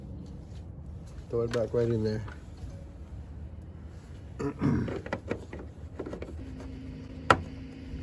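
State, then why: Seated. Someone talks while the plastic rear access cover is put back on the headlamp housing of a Mercedes-Benz headlight and turned by hand, with no tools. Brief handling and rattling knocks come from about 4.5 to 6.1 s. A sharp click at 7.3 s marks the cover seating in place.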